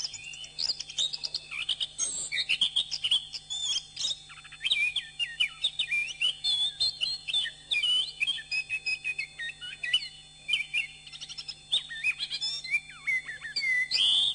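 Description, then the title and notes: Bird song, rapid unbroken chatter of high twitters, whistles and trills that barely pauses, with a low hum beneath. Masteran birdsong training recording. "MASTERAN BURUNG. suarane manok"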